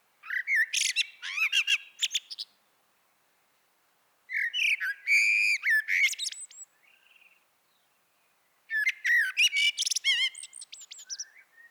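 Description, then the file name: Eurasian blackbird gives three rich warbled phrases with high scratchy twittering, separated by pauses of one to two seconds, the last running on to the end; a clean, quiet background. "Turdus merula"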